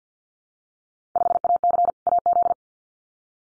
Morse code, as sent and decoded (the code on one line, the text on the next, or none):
..... .- -.-. / .- --..
5AC AZ